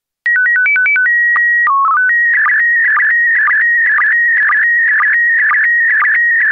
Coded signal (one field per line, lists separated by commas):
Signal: SSTV (slow-scan television)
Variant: PD 120